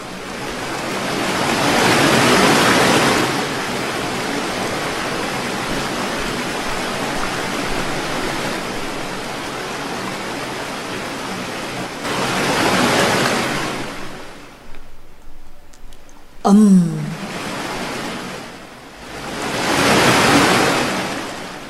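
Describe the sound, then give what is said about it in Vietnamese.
Big ocean waves crash in strong wind in broad roaring surges, swelling loud around the start, middle and end, with a brief quieter lull broken by a sharp falling whoosh. “Mặc cho sóng to gió lớn tới đâu, cũng liều quyết chiến đấu đến cùng.”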